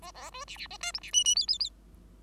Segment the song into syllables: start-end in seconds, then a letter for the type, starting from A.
0.01-0.11 A, 0.14-0.30 A, 0.32-0.45 B, 0.47-0.57 C, 0.57-0.67 C, 0.80-0.92 D, 0.94-0.99 E, 1.01-1.11 C, 1.13-1.24 F, 1.24-1.35 F, 1.35-1.46 G, 1.48-1.58 G, 1.59-1.69 G